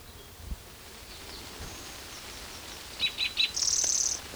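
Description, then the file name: Spotted Towhee song: three short clear notes, then a fast buzzy trill, over soft background hiss. Recorded near Cicero on 12 June 2009. "Cicero 12 Jun 2009 Pmaculatus"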